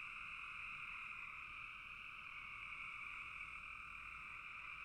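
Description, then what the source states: Frogs in full chorus, overlapping rapid croaks merging into one continuous high buzzing sound. Several frogs calling in a bog.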